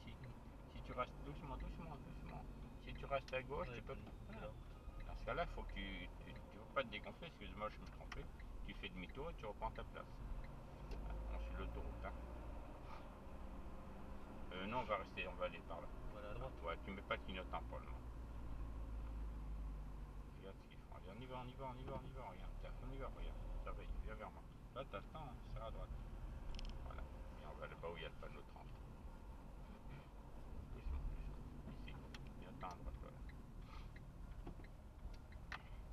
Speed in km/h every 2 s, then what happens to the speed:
25, 20, 22, 24, 23, 31, 34, 32, 29, 24, 19, 21, 20, 24, 25, 23, 18, 18.
0-8 steady at about 23. 8-11 speeds up to 34. 13-20 slows to 19. 20-29 steady at about 21. 29-36 slows to 18.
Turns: 20-26.